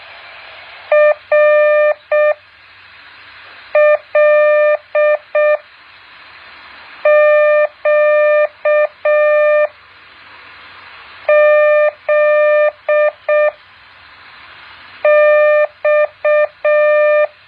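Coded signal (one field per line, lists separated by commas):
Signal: Morse code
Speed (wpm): 6 wpm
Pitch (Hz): 600 Hz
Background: none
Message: RLQZX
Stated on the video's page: Morse code practice exercise.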